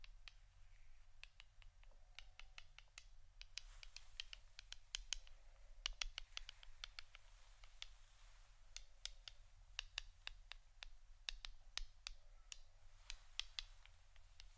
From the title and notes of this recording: ASMR Pure Tapping （No Talking）.